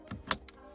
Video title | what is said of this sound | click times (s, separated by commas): Installing AppleCarplay on a B8/B8.5 Audi A4/S4 - (RSNAV) | and you'll hear that click the next step is going to be with this large | 0.3 s